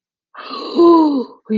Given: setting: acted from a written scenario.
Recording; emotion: vocal sound without words; relief